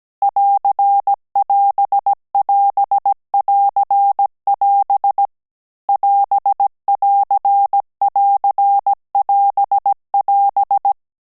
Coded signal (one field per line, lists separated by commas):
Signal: Morse code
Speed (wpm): 17 wpm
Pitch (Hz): 800 Hz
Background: none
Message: <AR><AS><AS><AR><AS> <AS><AR><AR><AS><AS>